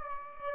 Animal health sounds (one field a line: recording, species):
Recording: mosquito wingbeat signal from an infrared sensor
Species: Aedes aegypti